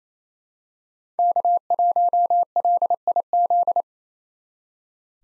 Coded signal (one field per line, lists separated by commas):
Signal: Morse code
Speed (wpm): 28 wpm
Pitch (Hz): 700 Hz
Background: none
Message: K1LIZ